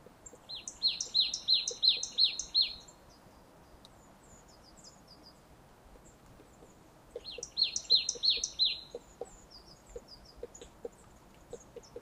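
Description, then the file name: Marsh tit calling in two rapid runs of several sharp high notes each, several seconds apart, with faint scattered ticks in a quiet background. "Poecile palustris"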